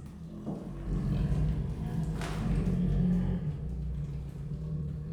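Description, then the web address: Siberian tiger growl, a deep rough rumbling held almost throughout, swelling slightly near the middle, with a brief dull thud partway through. Captive at Miskolc Zoo, growling and rasping while eating; 2018. "allathangok miskolcizoo 2018 professzionalis sziberiai tigris morogvahorogveesznek miskolczoo"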